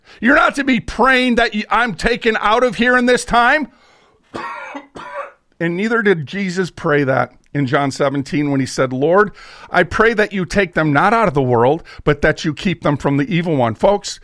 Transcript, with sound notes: You're not to be praying that y- I'm taken out of here in this time." (coughs) And neither did Jesus pray that in John 17 when he said, "Lord, I pray that you take them not out of the world, but that you keep them from the evil one."